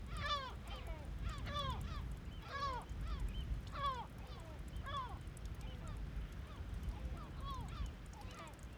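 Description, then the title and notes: Gull calls, a burst of rasping curved cries early on, fading to softer scattered calls, over a steady low rumble. Gulls in flight, calm, Bøur, Faroe Islands; very quiet soundscape with a small trickle of water nearby; recorded ORTF with DPA microphones in Cinela Albert on Sonosax SX-M2D2 and iPhone AudioShare. "Ballet de mouettes, calmes, 3HWW+78 Bøur, Îles Féroé. Ballet de mouettes en vol Féroé. sonore très calme avec ballet de mouettes calmes, et petit ruissellement à proximité"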